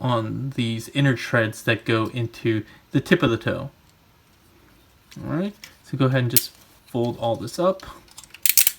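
Someone talks while handling a Mastermind Creations R19 Kultur transforming robot figure, folding up its plastic leg and tread parts so the inner tread tabs go into the tip of the toe and the parts tab into the forearms. Brief sharp handling sounds come near 8.5 and 8.6 seconds at the end. Nothing has seated or clicked into place yet.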